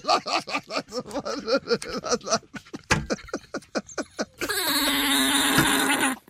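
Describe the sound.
Alpaca mating sound: rapid, rhythmic gurgling grunts, then scattered pulses.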